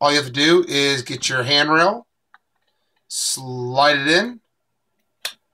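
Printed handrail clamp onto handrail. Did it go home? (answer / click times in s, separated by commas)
yes / 5.3 s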